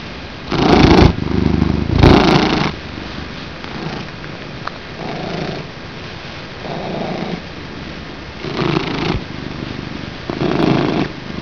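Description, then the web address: Cat purring, a low rumbling hum that pulses with each breath roughly every two seconds, loudest at the start. Purring cat named Murdock. "inwap cats murdock Purr"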